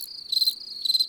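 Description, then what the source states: Cricket chirps, two short pulsed high bursts about half a second apart over a softer continuous trill. In the garden.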